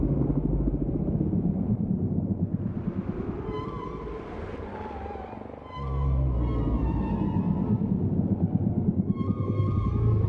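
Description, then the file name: Whales in chorus, harmonic drawn-out cries rising and falling over a dense, throbbing low rumble throughout. Chorus of several whales. "Chorus of Whales"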